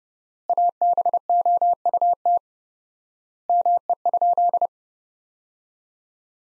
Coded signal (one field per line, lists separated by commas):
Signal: Morse code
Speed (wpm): 30 wpm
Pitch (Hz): 700 Hz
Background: none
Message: ABOUT ME?